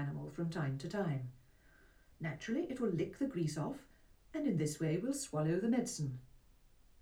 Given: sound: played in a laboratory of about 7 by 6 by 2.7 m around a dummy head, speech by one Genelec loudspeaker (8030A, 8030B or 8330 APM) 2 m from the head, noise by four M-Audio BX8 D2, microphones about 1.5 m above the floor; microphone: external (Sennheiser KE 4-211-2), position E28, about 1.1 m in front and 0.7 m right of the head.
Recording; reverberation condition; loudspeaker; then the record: female speech in English; low; behind (180 degrees)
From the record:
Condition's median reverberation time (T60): about 310 ms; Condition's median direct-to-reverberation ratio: about 3.5 dB